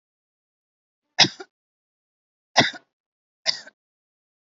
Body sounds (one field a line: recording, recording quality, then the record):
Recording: heavy voluntary cough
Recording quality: excellent, no background noise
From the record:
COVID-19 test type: RT-PCR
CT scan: not taken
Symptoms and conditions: none ticked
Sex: female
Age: 61 years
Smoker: no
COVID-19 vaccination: both doses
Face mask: worn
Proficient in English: yes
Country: India